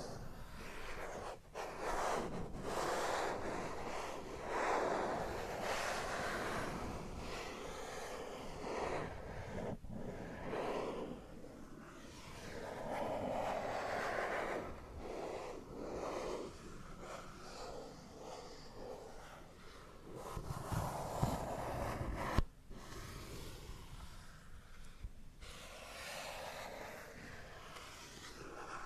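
Fingers trace over matte plastic in a continuous rough, whooshing scratch that swells and fades in slow strokes. Sharp scratchy taps cut through now and then, near 2, 5, 10, 20 and 22 seconds, with the loudest tap around 22 seconds.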